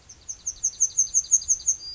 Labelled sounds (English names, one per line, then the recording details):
Yellowhammer song
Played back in forest
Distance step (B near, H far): D
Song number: 007